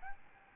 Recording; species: mosquito wingbeat signal from an infrared sensor; Aedes albopictus